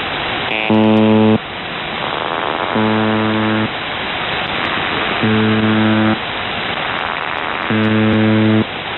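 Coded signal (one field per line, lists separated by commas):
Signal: numbers station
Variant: UVB-76 (The Buzzer)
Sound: four short harsh low buzzes, evenly spaced, over steady radio hiss; no voice heard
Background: radio static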